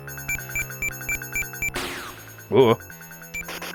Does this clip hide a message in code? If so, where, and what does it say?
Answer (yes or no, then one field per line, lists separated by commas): no